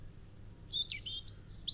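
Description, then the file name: European robin song: high, thin warbled phrases that slide down, then a sudden bright rising flourish near the end, over a faint low hum. "Erithacus rubecula"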